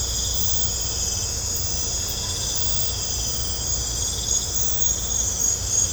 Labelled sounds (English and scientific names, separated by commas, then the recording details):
none
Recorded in pastures near Puerto Asís, Putumayo, Colombia, on 16 December 2024 at 21:30
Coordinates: 0.502, -76.324
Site G077